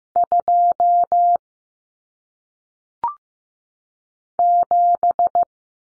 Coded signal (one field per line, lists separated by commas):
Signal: Morse code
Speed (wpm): 15 wpm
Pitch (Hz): 700 Hz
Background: none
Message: 2 7